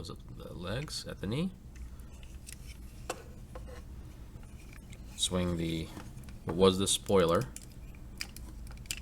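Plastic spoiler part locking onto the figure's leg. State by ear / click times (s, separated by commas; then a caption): seated / 8.9 s. Someone talks while handling a plastic Transformers Animated Deluxe Class Lockdown transforming figure, with light plastic taps and clicks as the parts are moved. The plastic spoiler piece is swung up onto the figure's leg and clicks into place with a sharp snap at 8.9 s, seating and locking in.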